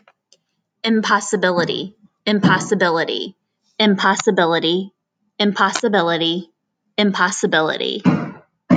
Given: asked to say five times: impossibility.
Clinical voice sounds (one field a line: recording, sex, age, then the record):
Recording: repeated word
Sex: female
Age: 30 to 39 years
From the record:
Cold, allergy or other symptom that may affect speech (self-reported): no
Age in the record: 33 years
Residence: Virginia, United States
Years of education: 17